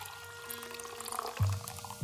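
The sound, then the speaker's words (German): Water is poured into a glass in a short, steady trickle, its gurgle rising slightly in pitch as the glass fills, followed by a low clink or thump. “Bitte, nehmen Sie Platz. Ein Wasser?”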